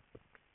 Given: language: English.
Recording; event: throat vibration sensor signal played as sound; swallow